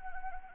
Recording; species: mosquito wingbeat signal from an infrared sensor; Anopheles arabiensis